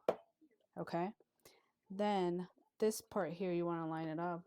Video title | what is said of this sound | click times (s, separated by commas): Unboxing- Cuddle baby food processor | and then turn it to where you hear that click | 0.1 s